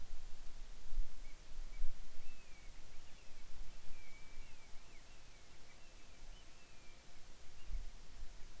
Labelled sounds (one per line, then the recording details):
bird
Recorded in the Arctic National Wildlife Refuge, Alaska, on 10 July 2019 at 18:07
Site 44